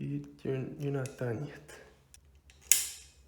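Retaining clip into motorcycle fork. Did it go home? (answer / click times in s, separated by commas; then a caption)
yes / 2.7 s. A retaining clip on a Showa front fork from a Honda CR250R motorcycle is pushed into its groove with a screwdriver while someone talks. A few faint metallic taps follow, then a sharp bright click at 2.7 s as the clip snaps home and seats.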